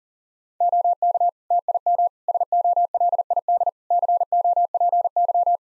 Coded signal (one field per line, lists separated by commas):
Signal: Morse code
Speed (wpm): 40 wpm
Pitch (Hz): 700 Hz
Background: none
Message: OK TIM SOLID COPY